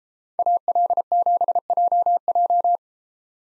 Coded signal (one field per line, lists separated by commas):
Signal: Morse code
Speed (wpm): 30 wpm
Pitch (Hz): 700 Hz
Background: none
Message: AL7JJ